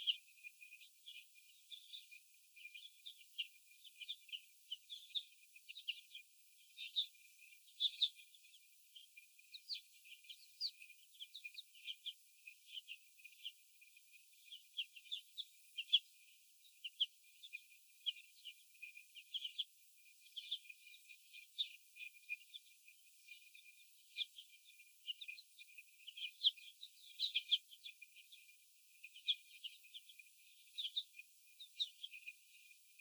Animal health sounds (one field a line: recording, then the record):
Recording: young laying hens in a cage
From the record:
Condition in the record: after the stressor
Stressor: sudden umbrella opening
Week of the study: 2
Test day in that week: 1